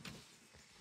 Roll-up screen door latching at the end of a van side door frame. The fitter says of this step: To extend it, pull it until you hear a "click" sound at the end.